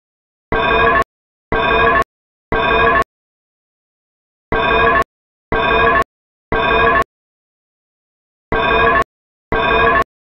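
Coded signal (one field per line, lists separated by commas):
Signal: alarm pattern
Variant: Super Metroid alarm sound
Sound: harsh buzzy alarm tone in groups of three half-second bursts, pause, repeating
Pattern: temporal three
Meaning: Temporal-3 evacuation signal: evacuate the building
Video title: Super Metroid Escape Alarm Sound Effect But Edited To A Code-3 Fire Alarm Like Sound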